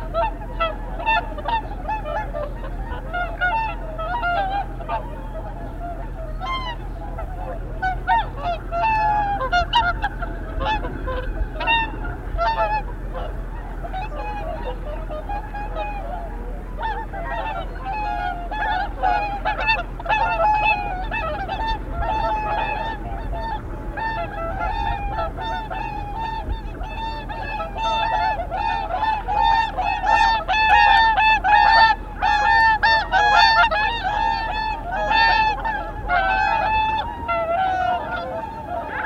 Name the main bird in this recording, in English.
Whooper Swan